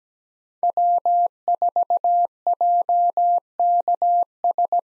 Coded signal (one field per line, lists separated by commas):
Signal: Morse code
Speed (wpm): 17 wpm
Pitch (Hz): 700 Hz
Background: none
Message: W4JKS